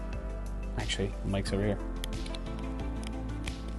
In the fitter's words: when you hear that click you know that has those teeth that hold the tube really nicely